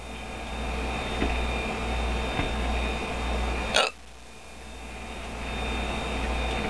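Three brief, abrupt hiccup sounds from an adult, about a second apart, the last one the loudest and sharpest, over a steady engine-like hum. Hiccups are involuntary spasms of the diaphragm, each ended by a sudden closure of the vocal cords that makes the click.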